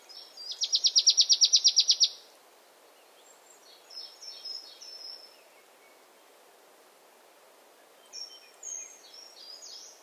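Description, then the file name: Marsh tit calls: a loud, fast rattle of high repeated notes lasting about a second and a half, followed by scattered thin, high chips. "Poecile palustris"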